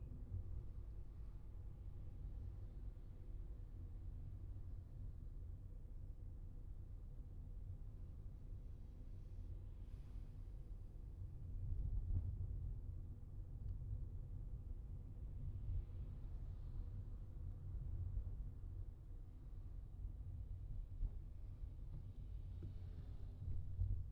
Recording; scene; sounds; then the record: everyday scene through a hearing-aid microphone; in a vehicle; engine, traffic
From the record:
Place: Skoda Fabia, gasoline engine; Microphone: in the ear canal, left